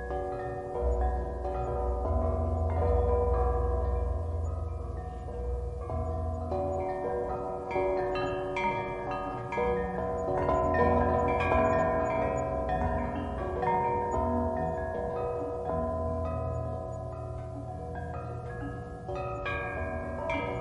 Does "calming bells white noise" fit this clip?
yes